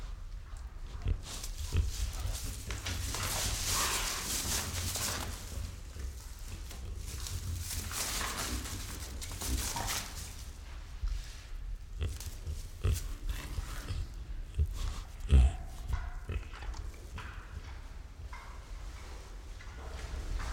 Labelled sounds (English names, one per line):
White-lipped Peccary